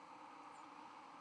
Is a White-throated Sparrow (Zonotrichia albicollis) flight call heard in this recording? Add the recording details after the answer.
no. Another species' flight call is heard. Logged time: 03:45 on 13 November 2014